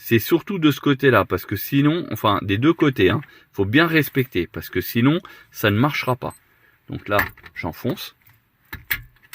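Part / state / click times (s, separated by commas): radio removal key into car head unit slot / seated / 8.9 s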